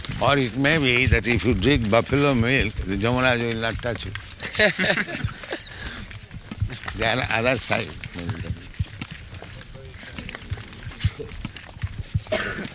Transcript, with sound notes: Or it may be that if you drink buffalo milk, the Yamarāja will not touch you. [laughter] The another side may be taken.